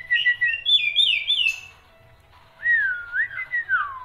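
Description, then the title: Black-winged myna song, rich warbled whistles rising and falling, a short pause, then a wavering whistle that slides downward. Described as a dense, lively song with many variations, used as a master recording for training songbirds. "Kicauan Rapat Jalak Putih Gacor Banyak Variasi Untuk Masteran"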